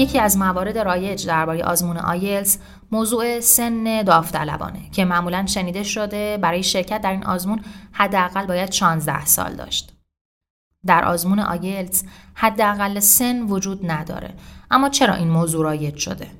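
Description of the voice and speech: A woman speaks Persian in a steady, fluent monologue with clear voicing and natural pitch movement, broken by one short silence. Rate and articulation are ordinary, with no repeats, blocks or voice strain: typical adult speech.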